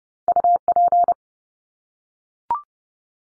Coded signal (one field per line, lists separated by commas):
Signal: Morse code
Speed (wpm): 30 wpm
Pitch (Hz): 700 Hz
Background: none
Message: UP